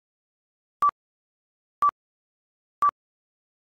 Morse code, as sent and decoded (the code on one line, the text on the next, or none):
none